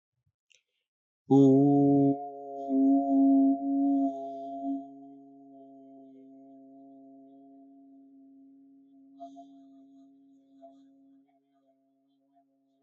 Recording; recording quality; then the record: sustained vowel as in boot; excellent, no background noise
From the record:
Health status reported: healthy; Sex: male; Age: 43 years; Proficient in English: yes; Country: India